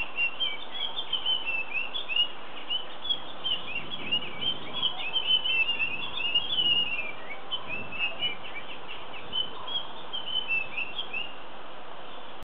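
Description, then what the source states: Puff-throated babbler giving a rapid stream of high chattering notes over a constant low hiss. Subspecies nandi.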